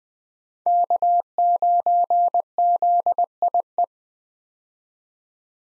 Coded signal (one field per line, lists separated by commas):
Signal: Morse code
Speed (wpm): 20 wpm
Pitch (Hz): 700 Hz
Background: none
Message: K9ZIE